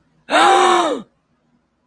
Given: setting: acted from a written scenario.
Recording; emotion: vocal sound without words; negative surprise